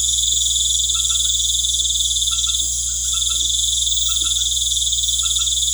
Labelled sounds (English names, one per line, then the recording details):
none
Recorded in pastures near Puerto Asís, Putumayo, Colombia, on 13 March 2025 at 19:00
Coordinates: 0.505, -76.324
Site GP08